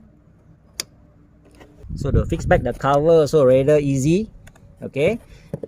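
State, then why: Seated. The 12V battery cable plug on a Hyundai Ioniq is pushed into its main 12V battery socket and latches with one sharp, loud click at 0.8 s, leaving it seated. After a quiet stretch, someone talks.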